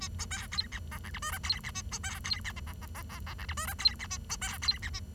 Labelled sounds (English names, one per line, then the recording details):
Bengalese Finch song
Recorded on 23 June 2012 at 09:22
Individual gr41rd51